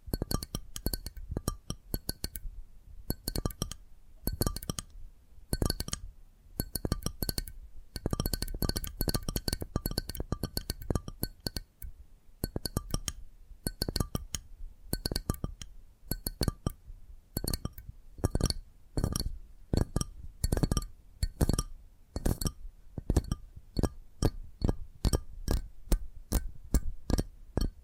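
Quick tapping on hard objects, with bright clinking, glassy clicks that come in dense bursts early and space into a steady, regular rhythm later.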